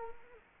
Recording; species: mosquito wingbeat signal from an infrared sensor; Culex quinquefasciatus